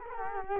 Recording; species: mosquito wingbeat signal from an infrared sensor; Culex quinquefasciatus